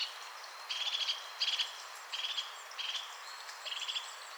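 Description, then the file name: European crested tit giving short, high, buzzy rattling trills in quick succession, about five phrases over a few seconds, over steady background hiss. "Mésange-huppée-Lophophanes-cristatus"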